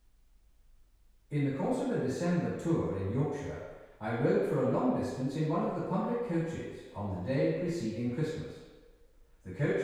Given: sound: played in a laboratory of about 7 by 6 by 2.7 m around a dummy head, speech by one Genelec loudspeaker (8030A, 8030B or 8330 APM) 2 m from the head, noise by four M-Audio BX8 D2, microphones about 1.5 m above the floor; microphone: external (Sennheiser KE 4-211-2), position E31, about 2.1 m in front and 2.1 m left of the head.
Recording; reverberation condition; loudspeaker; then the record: male speech in English; high; 120 degrees to the left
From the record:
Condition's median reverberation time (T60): about 1300 ms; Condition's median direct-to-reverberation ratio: about -4.0 dB